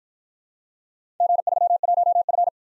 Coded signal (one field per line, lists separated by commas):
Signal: Morse code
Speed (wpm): 53 wpm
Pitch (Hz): 700 Hz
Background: none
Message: G31F